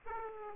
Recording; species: mosquito wingbeat signal from an infrared sensor; Aedes aegypti